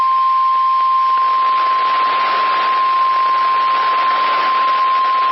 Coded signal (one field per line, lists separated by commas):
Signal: Emergency Alert System (SAME) tones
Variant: 1050 Hz attention tone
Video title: Severe Thunderstorm Watch (EAS #449)